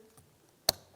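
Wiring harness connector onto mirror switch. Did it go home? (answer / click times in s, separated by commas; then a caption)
yes / 0.7 s. A wiring harness electrical connector is pushed back onto the plastic mirror switch of a 2002-2005 Ford Explorer during a door jamb switch replacement. After a faint tap at 0.2 s, a single very sharp, loud click at 0.7 s shows the connector has seated.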